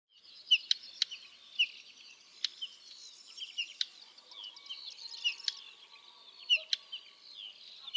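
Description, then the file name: European stonechat giving sharp, dry clicking notes at irregular intervals, over a continuous background of high twittering and chirping. "KLASKAWKA"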